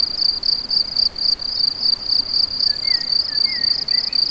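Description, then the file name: Shrill cricket chirps in quick pulsing bursts, with brief faint whistled notes toward the end. Several crickets; recorded on an MZ-N710; dated 7 05 14. "MZ-N 710 Grillons 7 05 14"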